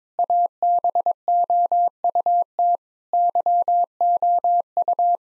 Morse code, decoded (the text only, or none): ABOUT YOU